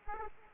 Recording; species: mosquito wingbeat signal from an infrared sensor; Aedes aegypti